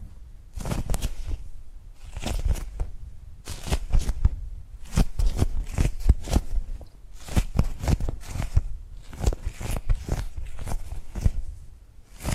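Tapping and gripping sounds come in quick clusters of sharp, bright taps with a dull low thump beneath, grouped in bursts roughly every second or two. Short quiet gaps separate the clusters, and the pattern stays busy and uneven across the whole twelve seconds.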